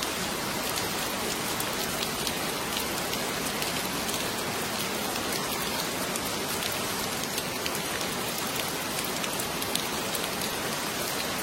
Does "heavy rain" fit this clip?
yes